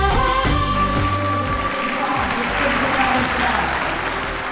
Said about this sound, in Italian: Sono per Giulia Maria Mozzoni Crespi questi applausi, la presidente onoraria del FAI, Fondo Ambiente Italiano, ottima relatrice del convegno Terre del Parco del Ticino, che si è tenuto a Gallarate. Presenti più di 200 ascoltatori